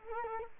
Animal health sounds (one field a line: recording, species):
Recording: mosquito wingbeat signal from an infrared sensor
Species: Culex quinquefasciatus